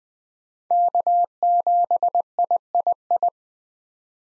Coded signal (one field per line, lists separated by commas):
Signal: Morse code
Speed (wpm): 20 wpm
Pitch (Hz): 700 Hz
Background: none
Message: K7III